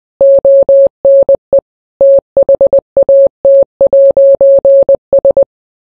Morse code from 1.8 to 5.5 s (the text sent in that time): THAT'S